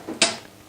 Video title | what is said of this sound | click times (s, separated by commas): Clic Clac Montagne pin massif avec Lecoinmontagne | ensuite vous le pousser jusqu'à entendre un grand clic et | 0.2 s